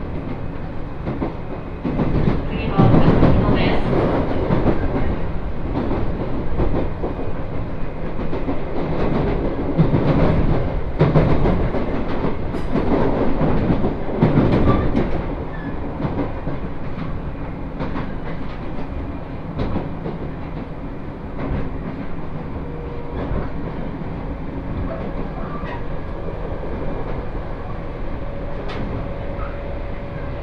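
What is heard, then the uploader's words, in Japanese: Onboard a northbound Tohoku Line train running from Kitakami to Morioka, a steady low rumble of wheels and motor fills the ride. Louder surges with rattling and clacking come around 3, 10 and 14 seconds, then the sound settles into a smoother hum with a faint high whine. 東北本線下り 北上→盛岡。701系4両編成。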